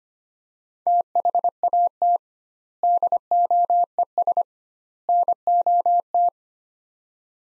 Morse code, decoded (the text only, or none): THAT DOES NOT